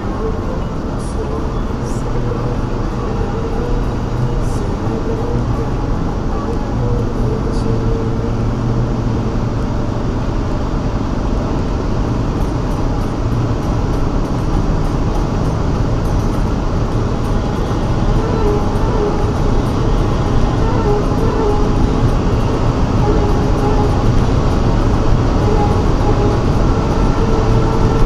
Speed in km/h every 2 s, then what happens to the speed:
147, 150, 154, 158, 162, 166, 171, 178, 181, 186, 193, 196, 197, 200.
0-28 speeds up to 200.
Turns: none.